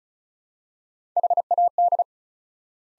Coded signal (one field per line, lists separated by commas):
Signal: Morse code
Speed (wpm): 36 wpm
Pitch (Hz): 700 Hz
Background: none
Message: HAD